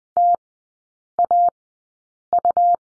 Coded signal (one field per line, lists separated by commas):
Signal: Morse code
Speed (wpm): 20 wpm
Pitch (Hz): 700 Hz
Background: none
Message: TAU